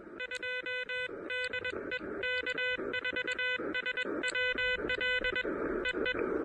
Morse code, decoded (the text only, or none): 2 DE K4SWL EE